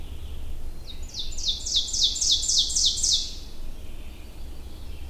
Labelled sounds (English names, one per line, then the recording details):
Ovenbird song
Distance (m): 5 m
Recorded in boreal forest in Alberta, Canada, on 22 June 2016 at 08:58
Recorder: SongMeter 3, array SBT-6-76
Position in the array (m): 146 m, 113 m
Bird 3